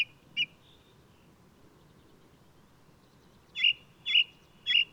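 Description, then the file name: Ring ouzel producing two ringing notes, a pause, then three loud, evenly repeated piping notes. Singing male of the alpine subspecies alpestris, recorded 22 May 2018 at Důl Bílého Labe in the Krkonoše mountains, Czech Republic. "180522 BIO rouz-alpestris-1-M-S cz dul-bileho-labe"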